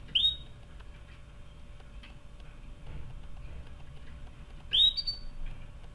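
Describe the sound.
Canary calling: two short, upward-sweeping whistled chirps, one at the start and another near the five-second mark, over a low background hum.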